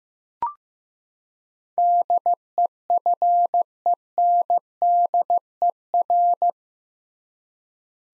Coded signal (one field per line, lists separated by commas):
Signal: Morse code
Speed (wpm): 15 wpm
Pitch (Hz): 700 Hz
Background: none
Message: DEFENDER